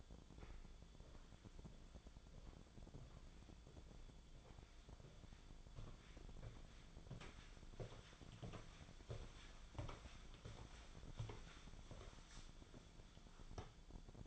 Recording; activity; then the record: daily activity, microphone in the room; walk to room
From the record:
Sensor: 5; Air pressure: 1010.2 hPa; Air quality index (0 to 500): 139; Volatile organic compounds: 3 ppm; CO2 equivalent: 1354 ppm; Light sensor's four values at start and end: 268/667/280/307 and 277/667/287/320